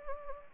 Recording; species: mosquito wingbeat signal from an infrared sensor; Anopheles gambiae